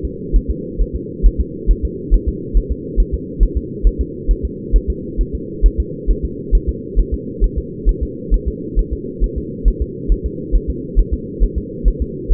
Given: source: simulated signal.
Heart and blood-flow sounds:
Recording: fetal heart sounds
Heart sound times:
0.05 s: S2
0.36 s: S1
0.50 s: S2
0.81 s: S1
0.96 s: S2
1.26 s: S1
1.41 s: S2
1.71 s: S1
1.85 s: S2
2.14 s: S1
2.28 s: S2
2.57 s: S1
2.72 s: S2
3.00 s: S1
3.14 s: S2
3.43 s: S1
3.57 s: S2
3.87 s: S1
4.01 s: S2
4.31 s: S1
4.45 s: S2
4.76 s: S1
4.90 s: S2
5.21 s: S1
5.35 s: S2
5.66 s: S1
5.80 s: S2
6.11 s: S1
6.25 s: S2
6.55 s: S1
6.69 s: S2
6.99 s: S1
7.14 s: S2
7.44 s: S1
7.58 s: S2
7.89 s: S1
8.03 s: S2
8.34 s: S1
8.48 s: S2
8.79 s: S1
8.93 s: S2
9.24 s: S1
9.38 s: S2
9.68 s: S1
9.82 s: S2
10.12 s: S1
10.26 s: S2
10.55 s: S1
10.70 s: S2
10.99 s: S1
11.14 s: S2
11.43 s: S1
11.58 s: S2
11.88 s: S1
12.02 s: S2
12.32 s: S1
From the record:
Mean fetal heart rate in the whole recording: 135 bpm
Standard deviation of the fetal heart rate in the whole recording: 3 bpm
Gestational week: 36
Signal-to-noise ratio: -4.1 dB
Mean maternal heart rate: no maternal heart sound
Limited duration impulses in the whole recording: absent

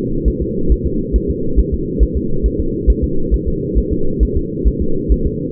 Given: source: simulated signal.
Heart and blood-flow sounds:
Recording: fetal heart sounds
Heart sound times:
0.28 s: S1
0.42 s: S2
0.72 s: S1
0.87 s: S2
1.16 s: S1
1.30 s: S2
1.59 s: S1
1.74 s: S2
2.03 s: S1
2.17 s: S2
2.46 s: S1
2.60 s: S2
2.90 s: S1
3.04 s: S2
3.34 s: S1
3.48 s: S2
3.78 s: S1
3.93 s: S2
4.23 s: S1
4.37 s: S2
4.68 s: S1
4.82 s: S2
5.12 s: S1
5.27 s: S2
From the record:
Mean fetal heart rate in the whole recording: 135 bpm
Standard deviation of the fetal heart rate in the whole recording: 3 bpm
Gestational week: 34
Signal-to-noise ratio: -8.1 dB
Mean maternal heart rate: 72 bpm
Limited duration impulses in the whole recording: absent

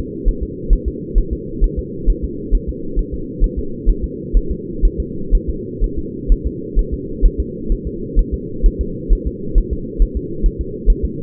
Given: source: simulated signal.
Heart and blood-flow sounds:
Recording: fetal heart sounds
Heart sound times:
0.28 s: S1
0.43 s: S2
0.73 s: S1
0.88 s: S2
1.18 s: S1
1.33 s: S2
1.64 s: S1
1.79 s: S2
2.10 s: S1
2.24 s: S2
2.55 s: S1
2.69 s: S2
2.99 s: S1
3.14 s: S2
3.44 s: S1
3.59 s: S2
3.89 s: S1
4.04 s: S2
4.37 s: S1
4.51 s: S2
4.85 s: S1
5.00 s: S2
5.35 s: S1
5.50 s: S2
5.84 s: S1
5.99 s: S2
6.32 s: S1
6.47 s: S2
6.79 s: S1
6.94 s: S2
7.25 s: S1
7.40 s: S2
7.72 s: S1
7.87 s: S2
8.19 s: S1
8.34 s: S2
8.66 s: S1
8.81 s: S2
9.12 s: S1
9.27 s: S2
9.58 s: S1
9.73 s: S2
10.02 s: S1
10.17 s: S2
10.46 s: S1
10.61 s: S2
10.90 s: S1
11.05 s: S2
From the record:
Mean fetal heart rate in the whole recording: 130 bpm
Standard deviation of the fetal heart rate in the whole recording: 4 bpm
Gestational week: 38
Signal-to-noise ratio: -4.3 dB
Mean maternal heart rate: 72 bpm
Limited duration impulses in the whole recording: present

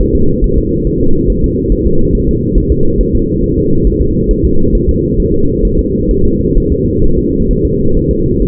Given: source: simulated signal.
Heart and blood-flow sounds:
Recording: fetal heart sounds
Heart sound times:
0.01 s: S1
0.15 s: S2
0.44 s: S1
0.58 s: S2
0.87 s: S1
1.01 s: S2
1.30 s: S1
1.44 s: S2
1.72 s: S1
1.87 s: S2
2.15 s: S1
2.29 s: S2
2.58 s: S1
2.72 s: S2
3.01 s: S1
3.15 s: S2
3.44 s: S1
3.58 s: S2
3.87 s: S1
4.01 s: S2
4.31 s: S1
4.45 s: S2
4.75 s: S1
4.89 s: S2
5.20 s: S1
5.34 s: S2
5.65 s: S1
5.79 s: S2
6.11 s: S1
6.25 s: S2
6.58 s: S1
6.72 s: S2
7.04 s: S1
7.19 s: S2
7.51 s: S1
7.65 s: S2
7.97 s: S1
8.11 s: S2
8.42 s: S1
From the record:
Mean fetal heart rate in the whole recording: 135 bpm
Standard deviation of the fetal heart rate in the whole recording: 3 bpm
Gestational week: 36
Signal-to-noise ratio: -17.7 dB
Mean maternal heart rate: 72 bpm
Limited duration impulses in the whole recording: present

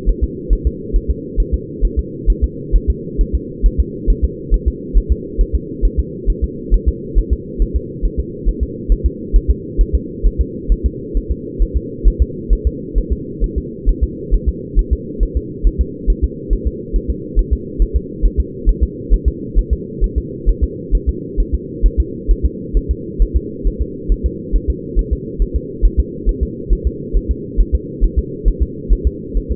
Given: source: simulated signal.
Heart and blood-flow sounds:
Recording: fetal heart sounds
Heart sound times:
0.09 s: S1
0.24 s: S2
0.53 s: S1
0.67 s: S2
0.96 s: S1
1.11 s: S2
1.40 s: S1
1.54 s: S2
1.85 s: S1
1.99 s: S2
2.30 s: S1
2.44 s: S2
2.76 s: S1
2.90 s: S2
3.21 s: S1
3.35 s: S2
3.66 s: S1
3.80 s: S2
4.10 s: S1
4.25 s: S2
4.54 s: S1
4.68 s: S2
4.98 s: S1
5.12 s: S2
5.41 s: S1
5.55 s: S2
5.85 s: S1
5.99 s: S2
6.30 s: S1
6.44 s: S2
6.74 s: S1
6.88 s: S2
7.18 s: S1
7.33 s: S2
7.62 s: S1
7.76 s: S2
8.05 s: S1
8.20 s: S2
8.49 s: S1
8.63 s: S2
8.92 s: S1
9.06 s: S2
9.36 s: S1
9.50 s: S2
9.81 s: S1
9.95 s: S2
10.26 s: S1
10.41 s: S2
10.72 s: S1
10.86 s: S2
11.17 s: S1
11.31 s: S2
11.62 s: S1
11.77 s: S2
12.08 s: S1
12.22 s: S2
12.53 s: S1
12.67 s: S2
12.98 s: S1
13.12 s: S2
13.44 s: S1
13.58 s: S2
13.89 s: S1
14.03 s: S2
14.34 s: S1
14.48 s: S2
14.79 s: S1
14.93 s: S2
15.23 s: S1
15.37 s: S2
15.67 s: S1
15.81 s: S2
16.10 s: S1
16.24 s: S2
16.53 s: S1
16.67 s: S2
16.96 s: S1
17.10 s: S2
17.39 s: S1
17.53 s: S2
17.82 s: S1
17.96 s: S2
18.25 s: S1
18.40 s: S2
18.69 s: S1
18.83 s: S2
19.14 s: S1
19.28 s: S2
19.59 s: S1
19.73 s: S2
20.04 s: S1
20.18 s: S2
20.49 s: S1
20.64 s: S2
20.95 s: S1
21.09 s: S2
21.40 s: S1
21.54 s: S2
21.86 s: S1
22.00 s: S2
22.31 s: S1
22.45 s: S2
22.77 s: S1
22.91 s: S2
23.22 s: S1
23.36 s: S2
23.67 s: S1
23.81 s: S2
24.12 s: S1
24.26 s: S2
24.56 s: S1
24.70 s: S2
24.99 s: S1
25.13 s: S2
25.42 s: S1
25.56 s: S2
25.85 s: S1
26.00 s: S2
26.29 s: S1
26.43 s: S2
26.73 s: S1
26.87 s: S2
27.17 s: S1
27.31 s: S2
27.61 s: S1
27.75 s: S2
28.04 s: S1
28.19 s: S2
28.48 s: S1
28.62 s: S2
28.92 s: S1
29.07 s: S2
29.37 s: S1
29.52 s: S2
From the record:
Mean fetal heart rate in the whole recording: 135 bpm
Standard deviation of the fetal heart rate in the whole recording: 3 bpm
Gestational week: 36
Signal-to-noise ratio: -4.1 dB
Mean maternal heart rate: no maternal heart sound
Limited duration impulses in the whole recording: absent

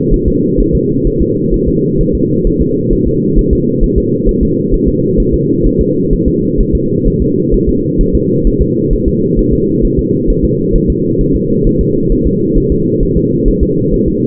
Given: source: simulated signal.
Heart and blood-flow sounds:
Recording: fetal heart sounds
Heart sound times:
0.14 s: S1
0.28 s: S2
0.60 s: S1
0.75 s: S2
1.07 s: S1
1.22 s: S2
1.54 s: S1
1.68 s: S2
2.01 s: S1
2.15 s: S2
2.47 s: S1
2.62 s: S2
2.93 s: S1
3.07 s: S2
3.38 s: S1
3.53 s: S2
3.84 s: S1
3.98 s: S2
4.29 s: S1
4.43 s: S2
4.74 s: S1
4.88 s: S2
5.20 s: S1
5.34 s: S2
5.66 s: S1
5.81 s: S2
6.13 s: S1
6.28 s: S2
6.60 s: S1
6.75 s: S2
7.07 s: S1
7.22 s: S2
7.54 s: S1
7.69 s: S2
8.01 s: S1
8.15 s: S2
8.47 s: S1
8.62 s: S2
8.93 s: S1
9.08 s: S2
9.39 s: S1
9.53 s: S2
9.85 s: S1
9.99 s: S2
10.30 s: S1
10.45 s: S2
10.76 s: S1
10.90 s: S2
11.21 s: S1
11.36 s: S2
11.67 s: S1
11.81 s: S2
12.12 s: S1
12.27 s: S2
12.58 s: S1
12.72 s: S2
13.03 s: S1
13.17 s: S2
13.48 s: S1
13.63 s: S2
13.94 s: S1
14.08 s: S2
From the record:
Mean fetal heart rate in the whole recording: 130 bpm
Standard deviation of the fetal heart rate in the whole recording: 4 bpm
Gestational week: 38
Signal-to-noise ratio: -11.2 dB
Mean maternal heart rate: 72 bpm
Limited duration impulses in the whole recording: present

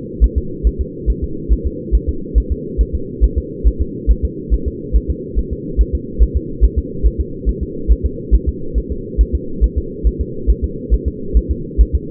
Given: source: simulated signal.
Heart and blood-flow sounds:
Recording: fetal heart sounds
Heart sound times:
0.24 s: S1
0.38 s: S2
0.67 s: S1
0.81 s: S2
1.10 s: S1
1.24 s: S2
1.53 s: S1
1.67 s: S2
1.95 s: S1
2.09 s: S2
2.38 s: S1
2.52 s: S2
2.81 s: S1
2.95 s: S2
3.24 s: S1
3.38 s: S2
3.67 s: S1
3.81 s: S2
4.11 s: S1
4.25 s: S2
4.54 s: S1
4.68 s: S2
4.96 s: S1
5.10 s: S2
5.39 s: S1
5.53 s: S2
5.81 s: S1
5.95 s: S2
6.23 s: S1
6.37 s: S2
6.64 s: S1
6.78 s: S2
7.06 s: S1
7.20 s: S2
7.49 s: S1
7.63 s: S2
7.92 s: S1
8.05 s: S2
8.35 s: S1
8.48 s: S2
8.78 s: S1
8.92 s: S2
9.21 s: S1
9.35 s: S2
9.64 s: S1
9.78 s: S2
10.07 s: S1
10.21 s: S2
10.50 s: S1
10.64 s: S2
10.94 s: S1
11.08 s: S2
11.37 s: S1
11.51 s: S2
11.81 s: S1
11.95 s: S2
From the record:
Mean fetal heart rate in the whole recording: 140 bpm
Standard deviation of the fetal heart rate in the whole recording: 2 bpm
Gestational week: 34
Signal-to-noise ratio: -4.3 dB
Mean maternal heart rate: 72 bpm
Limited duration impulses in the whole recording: absent

